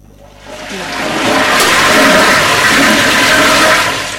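A toilet flushes with a loud, broad rush of water that swells within the first second and holds steady for a few seconds before starting to ease off, with no voices.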